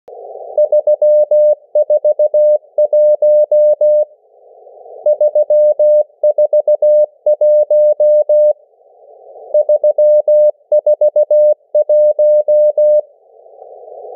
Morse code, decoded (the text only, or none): 341 341 341